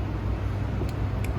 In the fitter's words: make sure it clicks so uh there are multiple ways you can set it